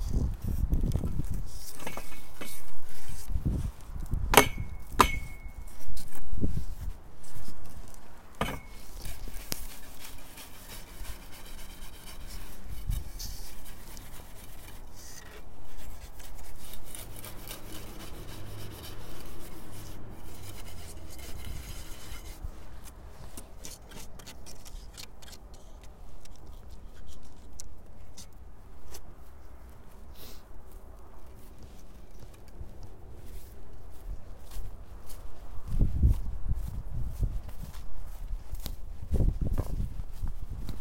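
Dried daikon strips are gathered from a drying rack into a bag, with dry rustling and crinkling throughout. Sharp clicks and brief knocks stand out early, around 4 to 9 seconds, then the handling settles into steadier, softer rustling before heavier thuds return near the end.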